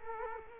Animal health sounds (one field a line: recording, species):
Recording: mosquito wingbeat signal from an infrared sensor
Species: Culex quinquefasciatus